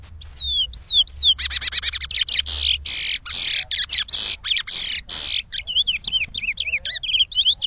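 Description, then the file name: Chestnut-bellied seed finch singing: clear slurred whistles dropping in pitch, then a run of harsh buzzy rattling phrases, ending with quick twisting whistled notes over a faint steady high tone. "canto do curio"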